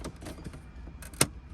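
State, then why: Seated. A plastic climate control trim panel is pressed into the dashboard of a 986 Boxster or 996 911, blue side up, after the new climate LCD is installed and its screws are back in. Faint rustling and handling noises lead up to a single sharp, loud snap at 1.2 s as the panel clicks into place and seats.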